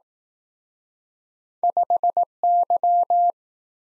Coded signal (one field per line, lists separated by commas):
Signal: Morse code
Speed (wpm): 19 wpm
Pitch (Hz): 700 Hz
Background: none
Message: 5Y